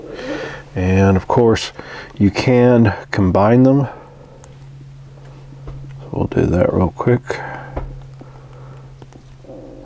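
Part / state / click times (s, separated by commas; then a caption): plastic toy sword half into the other sword half / seated / 9.8 s. Someone talks while pushing two plastic halves of an action figure's katana together to form the combined sword. Small handling sounds follow, then a sharp snap at 9.8 s as one plastic sword half seats into the other.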